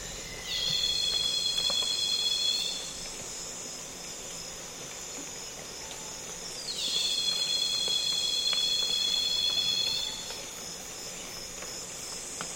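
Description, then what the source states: Cicada calls in two loud bursts, each a ringing harmonic drone lasting a few seconds, separated by quieter insect hiss with occasional clicks. Loud cicadas calling on a calm afternoon in Congo basin rainforest, with other insects flying and buzzing close to the microphones.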